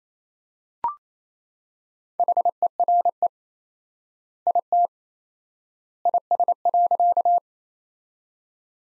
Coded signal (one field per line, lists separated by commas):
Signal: Morse code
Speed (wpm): 28 wpm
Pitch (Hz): 700 Hz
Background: none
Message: HERE IT IS.